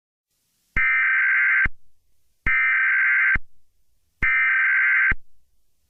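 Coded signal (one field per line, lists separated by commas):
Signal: Emergency Alert System (SAME) tones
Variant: header bursts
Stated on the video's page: Fictional EAS scenario made by a fan, not a real alert.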